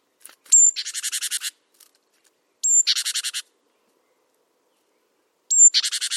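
Great tit call: a piercing high note leading into a grating rattle of several quick pulses, heard three times with quiet pauses between.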